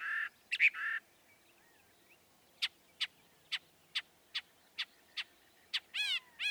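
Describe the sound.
Northern mockingbird song: a few bright phrases, then a series of sharp single notes at a steady pace, closing with repeated slurred notes.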